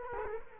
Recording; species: mosquito wingbeat signal from an infrared sensor; Culex quinquefasciatus